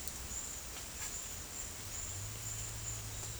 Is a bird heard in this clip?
no